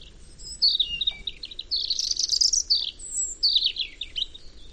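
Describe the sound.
European robin song, fluent high warbles and trills in two phrases, sweet notes tumbling up and down, over faint low hum.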